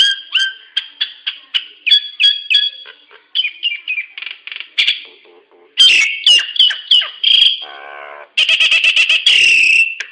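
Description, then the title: Nias hill myna calls: varied whistles and harsh squawks in quick succession, a brief rasping rattle, and loud screeching chatter near the end. "Burung jalak nias"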